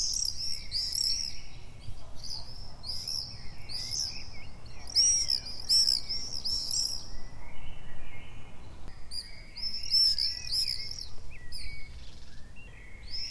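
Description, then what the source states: Common swifts screaming in repeated shrill, buzzy bursts, several birds overlapping, the calls coming in waves with short gaps between, over a soft low background hum. Calls recorded on 6 June 2014.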